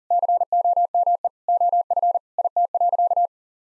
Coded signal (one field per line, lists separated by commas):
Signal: Morse code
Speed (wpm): 40 wpm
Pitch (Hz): 700 Hz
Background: none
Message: COME OF IT.